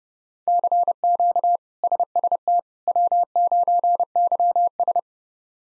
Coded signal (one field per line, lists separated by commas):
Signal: Morse code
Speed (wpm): 32 wpm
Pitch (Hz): 700 Hz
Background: none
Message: CQ SST W9YS